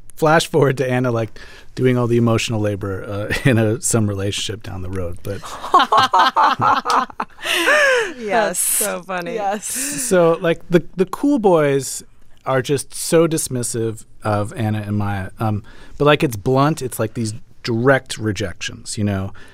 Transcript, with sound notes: Like, flash-forward to Anna, like, doing all the emotional labor in a - some relationship down the road. But...
(LAUGHTER)
Yes.
That's so funny.
Yes.
So like, the cool boys are just so dismissive of Anna and Maya. But like, it's blunt. It's, like, these direct rejections, you know?